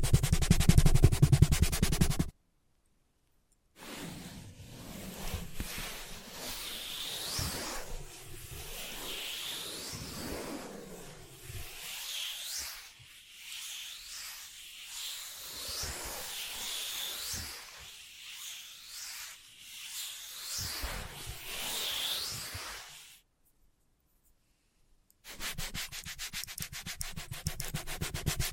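Soft scratching and tracing sounds, light and airy, with swirling strokes and faint taps through the middle of the clip. Loud, rough bursts open and close it, each cut off by a short stretch of silence near 2 and 23 seconds.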